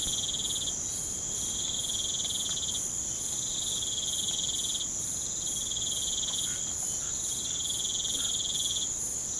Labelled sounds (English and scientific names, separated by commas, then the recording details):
none
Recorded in pastures near Puerto Asís, Putumayo, Colombia, on 25 June 2025 at 03:00
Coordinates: 0.472, -76.331
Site G095